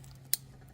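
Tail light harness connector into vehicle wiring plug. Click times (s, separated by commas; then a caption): 0.3 s. A plastic tail light wiring harness connector for American Modified smoked LED tail lights is pushed by hand into its mating wiring plug on a 2016-2023 Toyota Tacoma truck. A single sharp, bright click at 0.3 s stands out over a faint steady low hum, showing the connector is seated and fully engaged.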